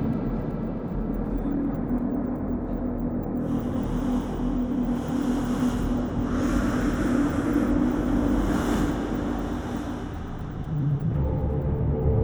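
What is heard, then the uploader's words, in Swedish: An eerie ghostly sound: a dense, steady low rumble like wind or surging water, with a faint hum held underneath. From about four seconds a thin airy hiss joins, swelling around six and nine seconds, and near eleven seconds a deeper droning tone takes over. Lite creapy spökljud från oss.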